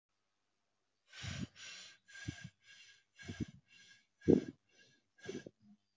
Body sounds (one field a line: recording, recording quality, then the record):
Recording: shallow breathing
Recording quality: excellent, no background noise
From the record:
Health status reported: healthy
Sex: male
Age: 24 years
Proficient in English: yes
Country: India